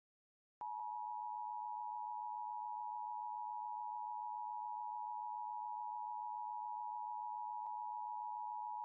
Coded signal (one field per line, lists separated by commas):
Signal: Emergency Alert System (SAME) tones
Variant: 853 and 960 Hz attention tone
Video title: LIVE AM/MW DX: DX Central Live - S. 4, Ep. 6 | Friday, February 16, 2024